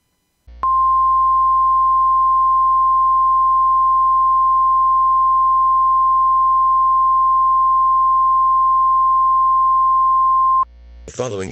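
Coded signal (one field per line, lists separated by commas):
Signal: Emergency Alert System (SAME) tones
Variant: 1050 Hz attention tone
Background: speech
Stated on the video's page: Fictional tornado outbreak EAS scenario, not a real alert.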